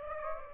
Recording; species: mosquito wingbeat signal from an infrared sensor; Aedes aegypti